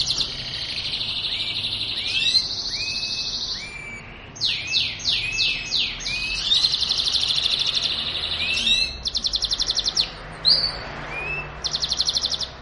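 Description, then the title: Belgian canary in sustained song: long high rolling trills, a series of descending slurred notes, then fast buzzy pulsed phrases. Belgian canary song to stimulate singing; linked to mating. "Canto Para Esquentar Canário Belga. suara kenari kawin"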